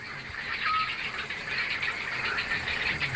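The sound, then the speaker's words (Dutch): A Eurasian scops owl gives short, soft, mellow whistled notes, a couple of seconds apart, over a steady, dense wash of higher chirping and hiss. “En het is een dwergooruil.”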